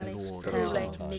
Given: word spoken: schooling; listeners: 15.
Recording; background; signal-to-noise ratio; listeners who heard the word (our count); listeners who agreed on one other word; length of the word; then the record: one English word in noise, from a listening test; four-talker babble; -1.3 dB; 1 of 15; 9 of 15; 0.79 s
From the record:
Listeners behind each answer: 9, 2, 1, 1, 1, 1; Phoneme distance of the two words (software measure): 7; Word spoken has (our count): 2 syllables, 6 phonemes, stress on syllable 1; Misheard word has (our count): 2 syllables, 5 phonemes, stress on syllable 1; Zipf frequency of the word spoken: 3.26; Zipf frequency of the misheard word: 3.65